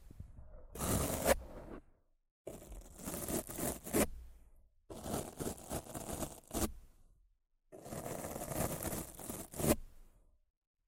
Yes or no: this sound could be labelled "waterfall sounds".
no